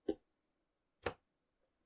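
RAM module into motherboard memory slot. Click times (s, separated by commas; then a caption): 0.1 s, 1.1 s. A RAM stick is pushed into a motherboard DIMM slot, giving two short, sharp clicks at 0.1 s and 1.1 s against near silence. One retention clip clicks shut, but the latch on the other end is still out and needs more pressure, so the stick is only partly seated.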